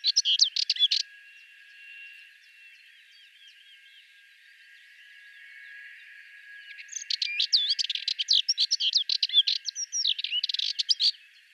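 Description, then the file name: Sardinian warbler song: an one-second scratchy, rattling burst, a quiet stretch of soft notes, then about four seconds of fast, dense chattering phrases mixing harsh rattles with brief whistles. "Fauvette melanocephale"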